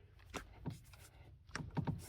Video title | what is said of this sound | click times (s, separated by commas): Audi 3.0T coil pack and spark plug replacement DIY | and you'll kind of feel a nice little click right there when they seat on top of the spark plug. You might be able to hear it. | 1.6 s